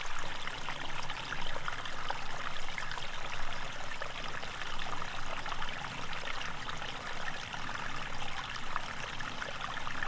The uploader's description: we record a small trickling stream in a very quiet, butterfly-filled wood, as the occasional insect buzzes around the microphone to check it out